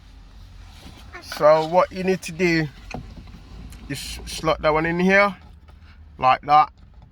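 Someone talks while the exterior door handle holder is slotted into the door carrier of a BMW X3 F25 automatic right-hand drive car, with a few brief knocks of handling near 2.9 s and 3.7 s. The holder is about to be pushed home, but nothing has seated or clicked yet.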